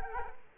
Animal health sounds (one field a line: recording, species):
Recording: mosquito wingbeat signal from an infrared sensor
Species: Culex quinquefasciatus